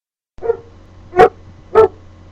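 Dog barking three times: a softer first bark, then two sharp, loud barks about half a second apart.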